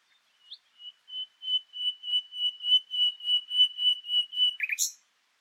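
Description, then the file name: Common nightingale song: a series of pure whistled notes at one pitch, growing louder, then a quick harsh flourish to finish. "Luscinia megarhynchos"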